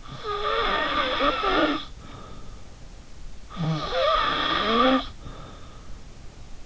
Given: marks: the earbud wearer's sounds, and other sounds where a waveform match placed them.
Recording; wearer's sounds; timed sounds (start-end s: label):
sounds in sleep by an in-ear microphone; snoring breath
0.00-2.63 s: snoring breath
3.48-5.95 s: snoring breath